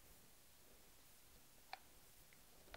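A camera standard on an Arca Swiss F-Metric Field view camera with MicroOrbix is being folded into its groove on the rail for travel. Against a quiet background, there is a sharp tick at 1.7 s, a softer one at 2.3 s and another sharp tick at 2.7 s. The clip ends before the standard goes home, so nothing has seated or clicked into place yet.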